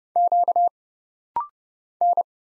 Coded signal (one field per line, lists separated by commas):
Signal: Morse code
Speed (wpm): 30 wpm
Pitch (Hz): 700 Hz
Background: none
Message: Q N